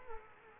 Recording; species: mosquito wingbeat signal from an infrared sensor; Culex quinquefasciatus